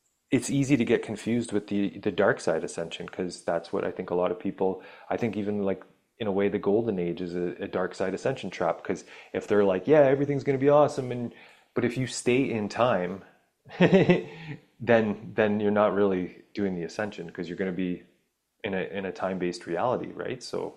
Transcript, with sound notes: it's easy to get confused with the, the dark side ascension 'cause that's what I think a lot of people... I think even like in a way the golden age is a, a dark side ascension trap 'cause if they're like, "Yeah, everything is gonna be awesome," and... But if you stay in time (laughs) , then, then you're not really doing the ascension 'cause you're gonna be in a, in a time-based reality, right?